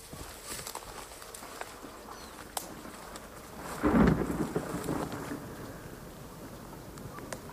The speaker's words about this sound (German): Ein ferner Donnerschlag reißt das Mädchen aus ihren Gedanken.